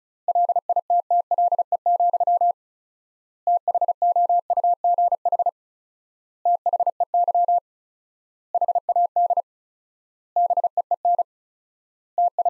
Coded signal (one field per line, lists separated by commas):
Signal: Morse code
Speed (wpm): 36 wpm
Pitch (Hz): 700 Hz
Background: none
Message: LITTLE, THOUGH THEY HAD BEEN TI